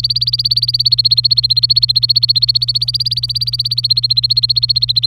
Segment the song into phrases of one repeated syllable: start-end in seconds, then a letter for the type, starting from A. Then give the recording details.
0.00-5.06 A. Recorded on 27 April 2018 at 10:43. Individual llb3